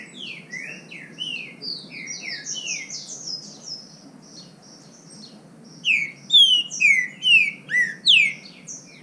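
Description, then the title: Green-winged saltator: softer high twittering gives way to five or six strong, clear downslurred whistles in quick succession. Bird named Nicão singing in the bush, in a song contest with a free-living wild bird. "Trinca Ferro NICÃO No Mato Disputando Com Solto"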